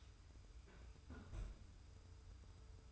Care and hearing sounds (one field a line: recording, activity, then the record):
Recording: daily activity, microphone in the room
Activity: close fridge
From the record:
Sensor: 2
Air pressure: 990.9 hPa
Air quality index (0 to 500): 127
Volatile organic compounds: 119 ppm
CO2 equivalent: 3868 ppm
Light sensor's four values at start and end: 21/50/20/20 and 21/49/20/20